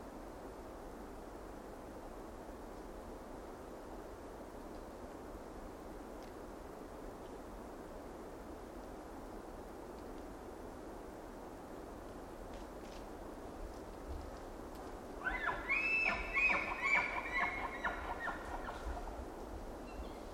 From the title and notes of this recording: Roosevelt Elk Bugle with low chesty roar. Selected from a brief trip in late September 2023. Recorded in the Queets and Quinalt Rainforest River Valleys, there's often an unavoidable distant wash of river in the background. I record elk by leaving recorders out in the field where herds are known to migrate.